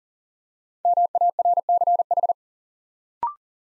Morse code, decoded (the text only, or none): MARCH